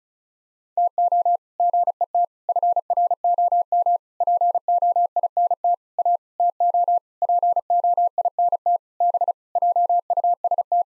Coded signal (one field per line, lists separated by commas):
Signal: Morse code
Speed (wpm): 36 wpm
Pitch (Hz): 700 Hz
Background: none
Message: TO GET FROM POINT A TO POINT B JUST